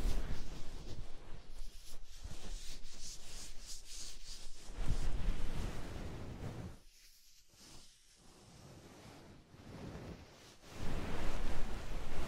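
Soft fluffy rubbing and brushing right at the ear, dense and crackly, dropping nearly quiet around seven to ten seconds before resuming strongly.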